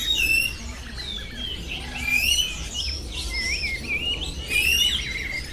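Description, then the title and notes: Birds chorus with bright rising whistles and rapid chirps overlapping throughout, louder bursts near the start, middle and end, with a low background rumble. Birds singing in the Bird Garden, Mongkok, Hong Kong, 15 February 2008; recorded with AKG condenser microphones in XY stereo. "香港 旺角 雀鳥花園 雀鳥唱歌 Bird Singing in the Bird Garden, Mongkok, Hong Kong Date: 15 February 2008"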